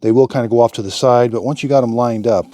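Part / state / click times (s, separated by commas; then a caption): plastic locating pieces of an office chair part into their mounting holes / not seated / none. Someone talks while lining up the plastic locating pieces of an Amazon Basics computer desk chair part with their mounting holes. The pieces are being handled and aligned but have not been pressed in yet, and nothing has seated or clicked.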